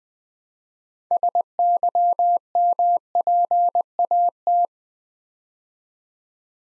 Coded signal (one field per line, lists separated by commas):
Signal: Morse code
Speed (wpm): 20 wpm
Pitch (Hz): 700 Hz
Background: none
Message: SYMPAT